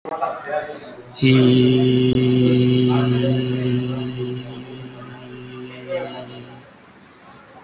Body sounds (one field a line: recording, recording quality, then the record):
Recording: sustained vowel as in beet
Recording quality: excellent, no background noise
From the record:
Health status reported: COVID-19 positive, moderate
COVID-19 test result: positive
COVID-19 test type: RT-PCR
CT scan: taken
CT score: 6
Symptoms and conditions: fever, fatigue, muscle pain, diarrhoea, hypertension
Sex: male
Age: 45 years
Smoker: no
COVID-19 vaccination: one dose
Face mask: worn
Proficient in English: yes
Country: India